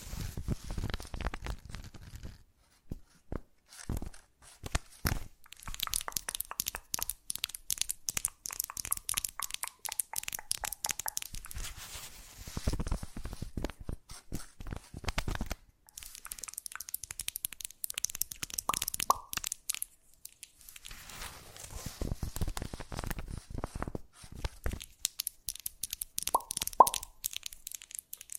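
Fast, unpredictable ASMR triggers: dense bursts of crisp tapping, crunching and tearing-like crackles that start and stop abruptly throughout. Short pauses break the flow near 3, 16 and 20 seconds, and faint brief tones appear now and then beneath the clatter.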